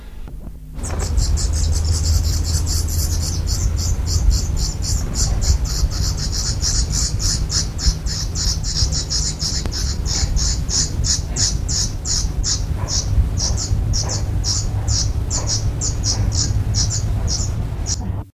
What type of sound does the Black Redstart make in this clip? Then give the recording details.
call. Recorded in the wild. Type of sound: call. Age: immature. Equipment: Halbspur, 9,5 cm/s. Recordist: Lütgens, Hans. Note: Ältere Nestjunge, Knivis (?)